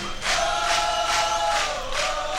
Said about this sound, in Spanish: Con este aplauso vamos a...